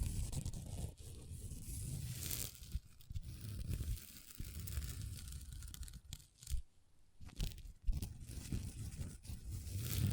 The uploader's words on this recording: ASMR Table Tapping & Scratching with Long Nails (No Talking).